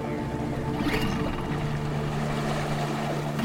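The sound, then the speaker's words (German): A motorboat travelling on a river, surrounded by dark, endless forests, drones steadily with low, sustained harmonic tones, its pitch shifting slightly midway, over a constant wash of water and hull noise. “Vor uns war jetzt nur noch der Fluss und ringsherum die finsteren, unendlichen Wälder.”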